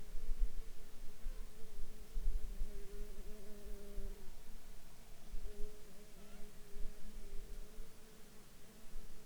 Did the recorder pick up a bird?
no